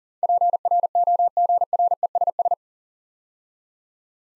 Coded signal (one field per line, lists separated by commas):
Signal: Morse code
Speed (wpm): 40 wpm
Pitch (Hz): 700 Hz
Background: none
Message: PROGRESS